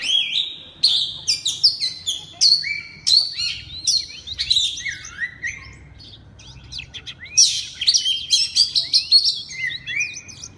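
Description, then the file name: Oriental magpie-robin song: loud, varied whistled phrases with sharp downslurs and rising notes, delivered in quick bursts with a short pause midway, then a rapid renewed flurry. Loud song in the 'ngeplong' style of the kacer. "suara kacer ngeplong keras"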